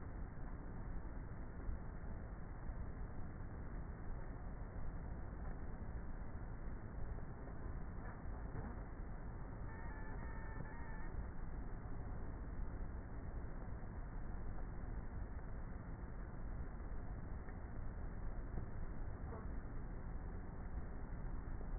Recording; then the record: honeybee colony, microphone inside the hive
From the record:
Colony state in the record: queenless with a low population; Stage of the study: before two queens were removed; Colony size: about 30,000 bees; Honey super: no